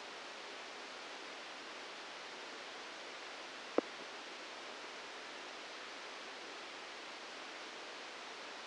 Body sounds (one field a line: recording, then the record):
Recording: brain microelectrode recording played as sound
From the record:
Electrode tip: outside the subthalamic nucleus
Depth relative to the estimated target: 3 mm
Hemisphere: right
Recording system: NeuroSet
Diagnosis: Parkinson's disease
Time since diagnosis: 8 years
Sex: male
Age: 59 years